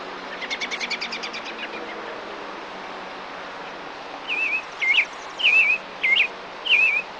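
Bird giving a fast rattling series of ticking notes, then after a pause five whistled wavering calls spaced under a second apart.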